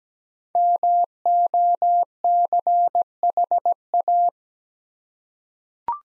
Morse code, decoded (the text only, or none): MOCHA